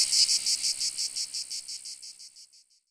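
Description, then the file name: Cicada call, a high, shrill buzz pulsing several times per second, the pulses growing quieter until the sound stops after almost three seconds. "Cicadas Euroblues"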